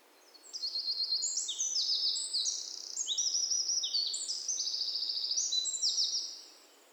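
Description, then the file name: Eurasian wren giving a long, energetic, high-pitched song of trills and rapid rattles lasting about six seconds, over faint background hiss. "Troglodytes troglodytes"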